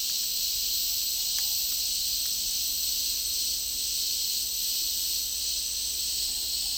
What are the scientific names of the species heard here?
none